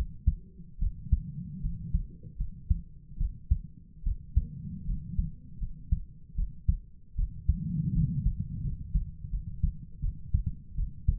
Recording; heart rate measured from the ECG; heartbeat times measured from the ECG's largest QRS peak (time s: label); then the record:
heart sounds by stethoscope; 78 bpm
0.80 s: heartbeat
1.62 s: heartbeat
2.38 s: heartbeat
3.18 s: heartbeat
4.04 s: heartbeat
4.87 s: heartbeat
5.60 s: heartbeat
6.36 s: heartbeat
7.16 s: heartbeat
7.94 s: heartbeat
8.63 s: heartbeat
9.31 s: heartbeat
10.02 s: heartbeat
10.76 s: heartbeat
From the record:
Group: healthy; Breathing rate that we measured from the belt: 18 breaths a minute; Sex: female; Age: 22 years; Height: 160 cm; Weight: 63 kg